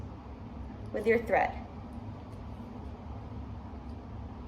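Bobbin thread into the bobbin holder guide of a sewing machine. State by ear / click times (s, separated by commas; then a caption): not seated / none. Someone talks briefly while handling bobbin thread at the bobbin holder guide of a sewing machine, with a steady low hum underneath. The thread is being worked toward the small guide, but nothing has seated or clicked into place yet.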